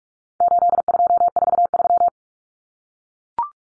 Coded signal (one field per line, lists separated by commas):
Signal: Morse code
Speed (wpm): 44 wpm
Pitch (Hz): 700 Hz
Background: none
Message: 8243